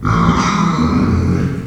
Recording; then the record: squeal of a Yucatan mini pig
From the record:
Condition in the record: after surgery on the right vocal fold (resection and tissue-engineered implant); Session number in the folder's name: 16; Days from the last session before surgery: 183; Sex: female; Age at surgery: 19 weeks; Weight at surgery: 25 kg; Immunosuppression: prednisolone